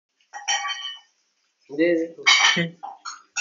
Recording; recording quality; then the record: sustained vowel as in made; poor, much background noise or distortion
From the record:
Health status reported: healthy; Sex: male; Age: 21 years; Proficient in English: yes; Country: India